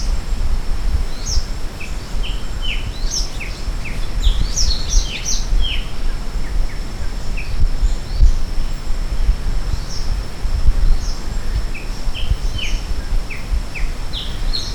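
Maratua bulbul calls: a busy run of short, sharp, down-slurred chirps at varied pitches, some overlapping, over a steady high insect whine and low rumbling background noise.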